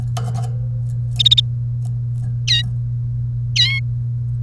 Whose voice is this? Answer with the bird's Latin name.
Serinus canaria